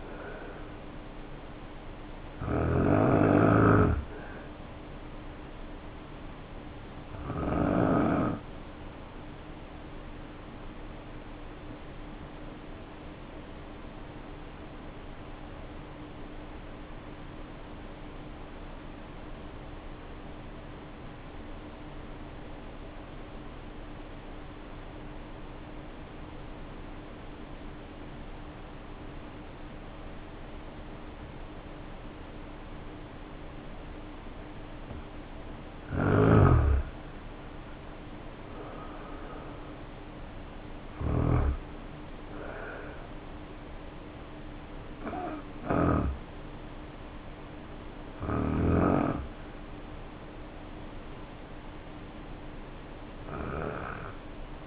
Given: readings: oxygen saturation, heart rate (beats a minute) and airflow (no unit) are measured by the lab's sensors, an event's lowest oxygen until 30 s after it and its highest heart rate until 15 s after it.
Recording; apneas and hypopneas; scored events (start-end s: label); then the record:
breathing in sleep by a voice recorder at the bedside; 1
15.00-37.30 s: obstructive apnea (N2, oxygen 95% highest, then 78% lowest, heart rate 53 at the start, 72 highest)
From the record:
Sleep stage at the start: N2 (light sleep); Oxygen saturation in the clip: 77 to 95%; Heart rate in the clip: 49 to 72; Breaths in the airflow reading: 7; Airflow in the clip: -6.6 to 5.7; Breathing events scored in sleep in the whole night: 520 in 7.2 hours asleep